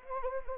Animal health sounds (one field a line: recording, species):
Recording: mosquito wingbeat signal from an infrared sensor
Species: Anopheles gambiae